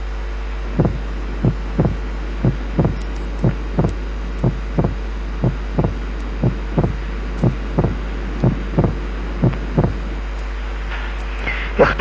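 Regular paired heart sounds from an adult heart at about 60 beats a minute, with a low background hum and a brief rustle at the end. The second heart sound is widely split and does not vary with breathing: wide fixed splitting of the second heart sound due to an atrial septal defect.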